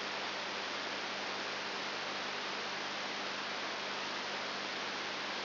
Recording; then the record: brain microelectrode recording played as sound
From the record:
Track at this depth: inside the subthalamic nucleus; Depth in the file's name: 2.902 mm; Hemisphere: left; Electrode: 3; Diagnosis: Parkinson's disease